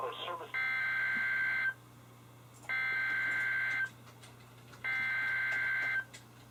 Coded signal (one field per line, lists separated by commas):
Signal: Emergency Alert System (SAME) tones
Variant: header bursts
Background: speech